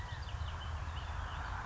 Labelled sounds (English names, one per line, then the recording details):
California Quail
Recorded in Sonoma County, California